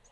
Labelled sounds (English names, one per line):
Lucy's Warbler flight call